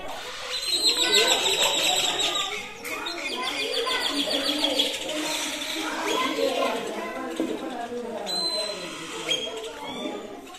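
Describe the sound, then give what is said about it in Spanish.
A busy chorus of many birds singing at once, high chirps, whistles and trills overlapping without pause at a steady, fairly loud level throughout. “Voy a grabar los pájaros.”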